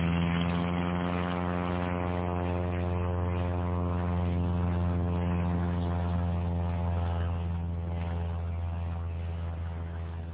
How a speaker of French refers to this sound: Par miracle, le moteur commence à tourner. L'avion démarre et après quelques hésitations bien compréhensibles, accepte de s'écouler.